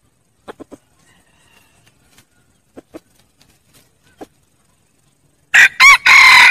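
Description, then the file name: Red junglefowl, soft clucks for several seconds, then a loud harsh crow begins near the end and is cut off. Wild rooster crowing to call hens. "tieng ga trong rung gay goi ga"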